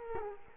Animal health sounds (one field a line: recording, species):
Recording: mosquito wingbeat signal from an infrared sensor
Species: Culex quinquefasciatus